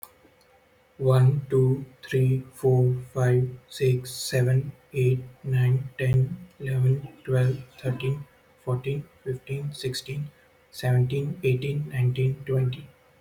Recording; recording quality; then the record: counting at a fast pace; excellent, no background noise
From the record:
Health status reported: healthy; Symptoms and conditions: none ticked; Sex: male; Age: 29 years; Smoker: not ticked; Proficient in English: yes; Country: India